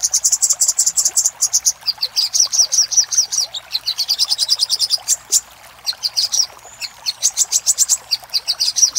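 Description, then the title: Little spiderhunter song of rapid high chips and rattling trills, notes coming several a second, with one short silent gap midway. Master recording used for training cage birds. "Masteran Burung Sogok Ontong Labaik"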